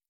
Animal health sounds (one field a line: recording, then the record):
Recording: hydrophone in a shrimp aquaculture tank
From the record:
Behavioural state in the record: stressed